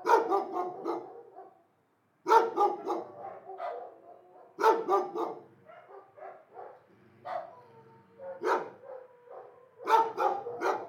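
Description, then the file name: Dog barks in quick clusters every couple of seconds, with quieter whining tones in between. "Dogs Pettis"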